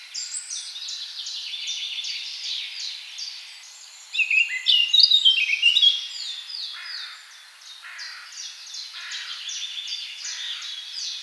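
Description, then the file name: Eurasian blackcap song rises out of a busy chorus of high chirping birds as a loud, rich warbling phrase lasting about two seconds. "Sylvia atricapilla"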